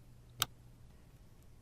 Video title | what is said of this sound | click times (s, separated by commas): How to Pick a Lock With Hairpins | the split in the seized pin will align with the edge of the barrel and there should be an audible click | 0.4 s